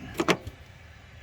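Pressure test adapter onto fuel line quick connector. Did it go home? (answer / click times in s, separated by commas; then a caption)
yes / 0.2 s, 0.3 s. The second piece of a fuel pressure test adapter is pushed onto the fuel line quick connector of a Toyota FJ Cruiser. Two short, sharp clicks are heard at 0.2 s and 0.3 s, followed by a faint low thud and quiet background. The adapter is seated on the fuel line.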